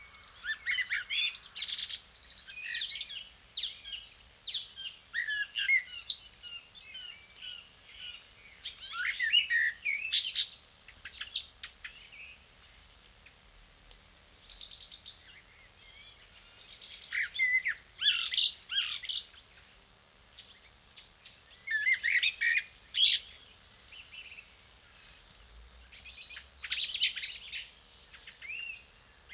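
An evening in a clay pit, filled with birdsong. Bright chirps, trills and quick twittering calls overlap almost without pause, coming in bursts every few seconds, with a few sharper, louder calls near 23 and 27 seconds. A faint low rumble runs underneath.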